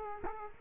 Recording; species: mosquito wingbeat signal from an infrared sensor; Culex quinquefasciatus